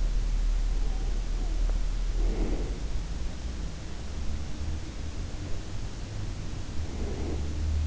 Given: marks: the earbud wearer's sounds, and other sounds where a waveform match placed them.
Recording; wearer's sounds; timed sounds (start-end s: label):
sounds in sleep by an in-ear microphone; breath
0.40-3.19 s: breath
5.82-7.87 s: breath